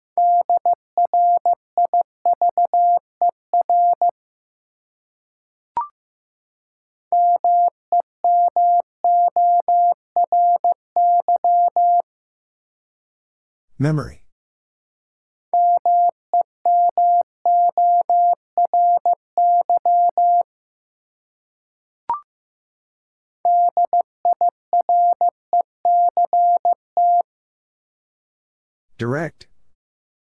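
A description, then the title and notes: Morse code beeps at a single steady mid pitch, sent in four bursts of rapid dots and dashes, each lasting about four to five seconds with pauses between. Short clicks fall in the gaps, and two brief bright rustling sounds occur near 14 and 29 seconds. Six Letter Words - 15wpm. First, the word is sent in Morse code.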